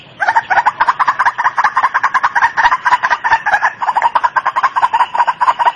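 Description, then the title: White-breasted waterhen giving a fast, continuous chatter of harsh clucking notes, several per second, steady throughout without pauses. Recording meant as a tutor track for training cage birds (masteran). "Masteran Suara Burung Ruak Ruak"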